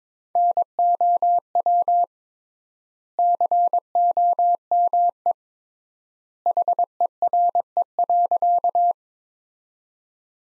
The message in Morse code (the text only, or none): NOW COME HERE.